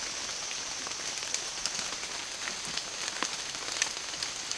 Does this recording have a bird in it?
no